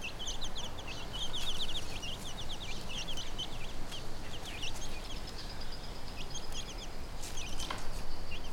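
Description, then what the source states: Chicken chicks cheeping in quick high bursts, thinning out in the second half, over constant low-pitched background noise. A hen with her chicks, recorded on Brownsea Island.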